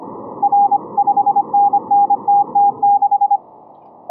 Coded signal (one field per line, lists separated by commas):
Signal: Morse code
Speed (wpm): 25 wpm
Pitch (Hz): 810 Hz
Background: none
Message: R 5NNTT6